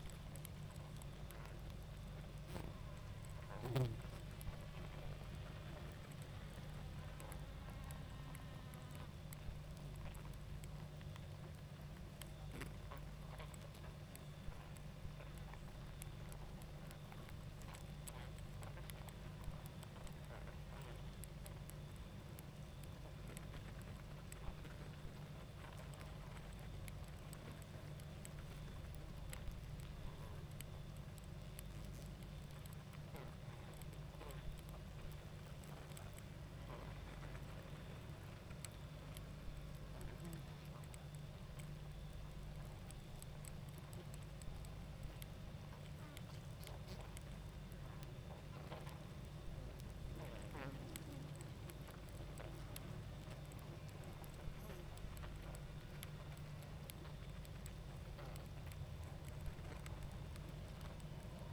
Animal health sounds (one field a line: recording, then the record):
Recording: honeybee colony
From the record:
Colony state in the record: active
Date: 28 July 2017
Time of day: 21:08